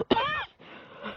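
A single sharp cough bursts out, followed by a brief voiced, groaning tail that fades within half a second. A plain isolated adult cough, with only faint room noise afterward.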